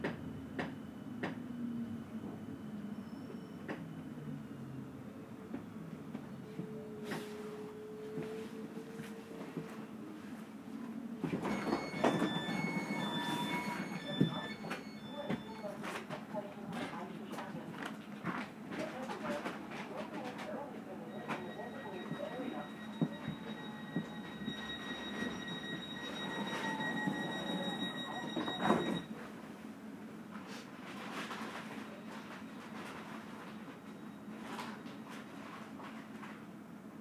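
An S-Bahn ride with a steady low rumble of the train running underneath throughout, broken by frequent sharp clicks and rattles. Around 11 to 15 seconds a series of short beeping tones sounds, and from about 21 to 29 seconds a sustained high whine rises over louder running noise.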